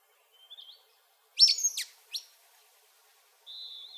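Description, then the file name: Sulphur-bellied flycatcher calls: a thin whistle, then a loud, squeaky double note with a shorter squeak after it, and a steady high whistled tone at the end. Recorded in Arizona. "SBFL 3 deviche"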